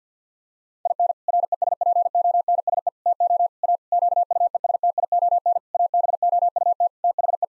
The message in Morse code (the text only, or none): IN RESPONSE TO A QUESTION ABOUT THE